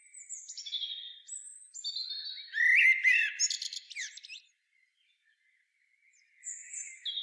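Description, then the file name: Common blackbird twittering: high thin notes building into a loud, tangled burst of squeaky warbles, a silent gap, then a fresh start. "Turdus merula"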